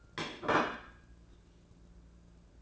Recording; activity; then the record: daily activity, microphone in the room; place plate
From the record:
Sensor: 2